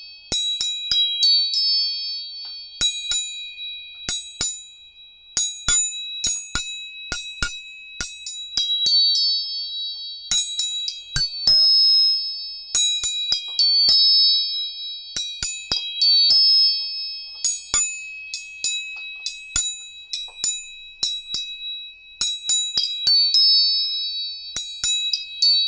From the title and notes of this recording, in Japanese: 音叉チューニング全体性。